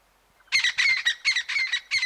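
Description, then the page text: Crested francolin call: a loud, harsh, rattling series of several grating notes in quick rhythmic succession. "Рінгтон Crested Francolin на MELOBOOM"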